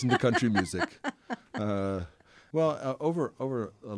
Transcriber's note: soundbite of laughter